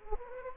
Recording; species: mosquito wingbeat signal from an infrared sensor; Anopheles gambiae